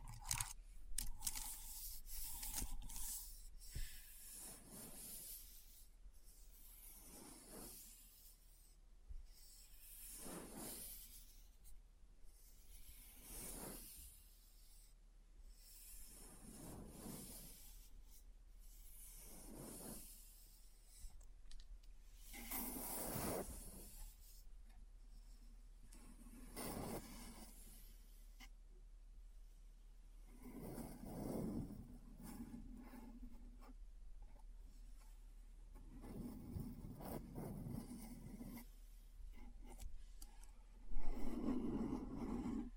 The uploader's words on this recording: ASMR Keyboard Sounds (No Talking).